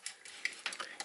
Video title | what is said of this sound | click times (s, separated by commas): Transformers Review: Ocular Max PS-03 Backdraft // P4L Reviews | this chrome piece is going to go in like that and you'll hear that snap into place | 0.5 s